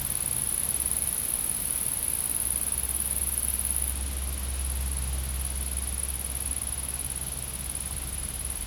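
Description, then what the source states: Insect sound: an even, piercing high trill, louder during the first four seconds, then softer, with steady low hum beneath. Recorded in a field.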